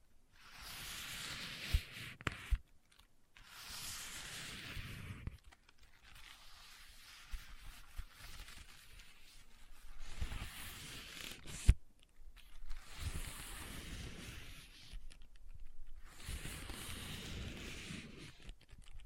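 Leather being scratched and rubbed in repeated passes, each lasting a couple of seconds with brief quiet gaps between, at roughly 0–2.5, 4–5, 9–11, 13–14 and 16–18 seconds. The scraping is hissy and bright, with a dull low rumble underneath and a few sharp taps, one clear knock near 12 seconds.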